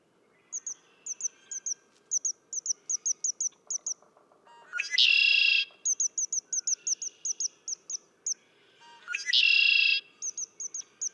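Red-winged blackbird songs: two buzzy trills about five seconds apart, each with a short lead-in, over steady high chirping from another bird.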